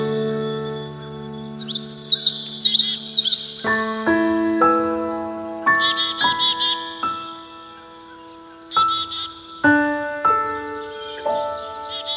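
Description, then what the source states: Common yellowthroat singing a rolling, repeated high phrase, followed by gentle piano chords and later brief bird notes over the music. Song set to piano music.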